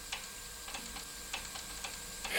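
Water drips in slow, slightly uneven plinks, about one every half second, each a sharp little tick over a faint steady hiss, with a louder splash right at the end.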